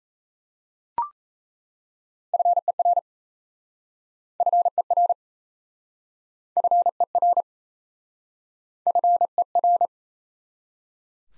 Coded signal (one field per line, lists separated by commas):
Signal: Morse code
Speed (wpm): 37 wpm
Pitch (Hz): 700 Hz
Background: none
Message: FER FER FER FER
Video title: Top 20 QSO Elements - Speed-Racing - 28wpm